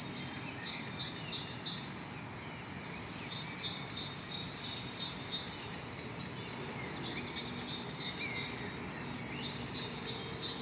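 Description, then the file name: Eurasian blue tit calling in two bursts of sharp, high, falling notes, separated by quiet background hiss. "Cyanistes caeruleus"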